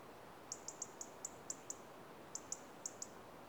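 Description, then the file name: European Robin ticking calls: sharp, very high clicks repeated rapidly, about five per second, pausing briefly before another run, over faint hiss. "Erithacus rubecula - European Robin"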